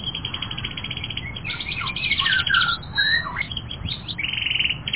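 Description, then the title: Canary song: rolling rapid trill, then a mix of twisting whistles and chirps, closing with another fast pulsed trill. Several canaries. "kenarijos"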